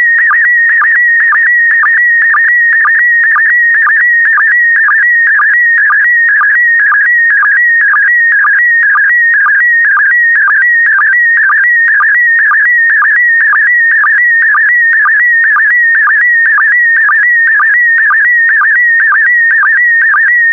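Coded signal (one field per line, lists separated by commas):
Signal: SSTV (slow-scan television)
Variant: PD120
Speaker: complete. You can now check your decoded image against the picture that is shown on the video.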